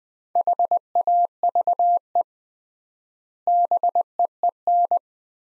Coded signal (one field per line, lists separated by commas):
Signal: Morse code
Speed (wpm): 20 wpm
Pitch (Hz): 700 Hz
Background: none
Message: HAVE BEEN